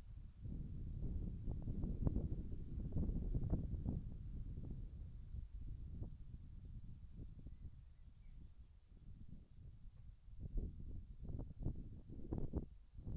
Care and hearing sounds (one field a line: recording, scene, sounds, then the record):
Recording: everyday scene through a hearing-aid microphone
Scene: wind on the microphone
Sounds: wind, birds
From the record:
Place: in front of a rural house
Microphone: behind the ear, left, rear